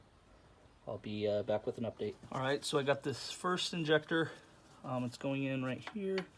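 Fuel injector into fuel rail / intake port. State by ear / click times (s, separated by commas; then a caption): not seated / none. Someone talks while holding the first Ford Performance 47 lb fuel injector from LMR, lubricated on both ends, ready to go into its port in the fuel rail on a Mustang. Nothing has seated or clicked yet; the clip ends before the injector is pressed home.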